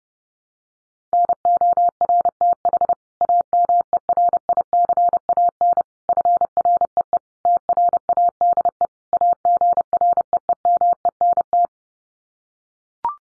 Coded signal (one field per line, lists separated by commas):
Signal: Morse code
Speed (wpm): 30 wpm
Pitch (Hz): 700 Hz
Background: none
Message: NORTH AMERICAN FREE TRADE AGREEMENT